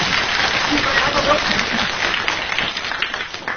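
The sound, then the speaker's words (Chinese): An audience applauds steadily during a xiangsheng (Chinese crosstalk) comedy performance, a dense wash of many hands clapping at once that holds a fairly even level throughout, with a voice faintly audible beneath it. “咱大家掌声鼓励鼓励这位勇士。”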